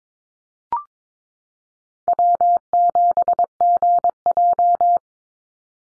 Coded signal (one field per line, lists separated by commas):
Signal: Morse code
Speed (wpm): 22 wpm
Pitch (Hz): 700 Hz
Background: none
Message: W7GJ